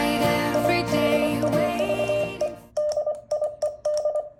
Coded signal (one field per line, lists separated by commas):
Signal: Morse code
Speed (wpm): 25 wpm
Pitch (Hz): 600 Hz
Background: music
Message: T I HAVE DIED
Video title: Let's enjoy Morse code! #モールス #morse #モールス信号 #morsecode #athousandyears #christinaperri